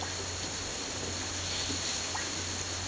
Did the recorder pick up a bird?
no